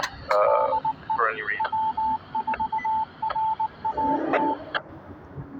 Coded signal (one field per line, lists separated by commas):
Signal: Morse code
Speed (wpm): 19 wpm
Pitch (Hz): 880 Hz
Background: radio noise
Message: DE W4RAT